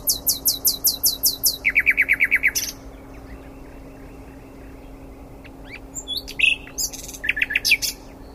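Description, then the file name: Common nightingale song: a fast series of high repeated notes, then a lower rapid trill, a pause, and further sharp varied phrases, with a steady low hum behind. "Luscinia megarhynchos"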